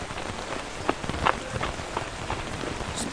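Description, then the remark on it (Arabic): Steady rain patters on a hard surface, a dense crackling hiss broken by a few louder individual drops and splashes, with no voices. “المطر حالي، لكن ما عاد نقدر شيء، نخطأ بين الخلب والخسع.”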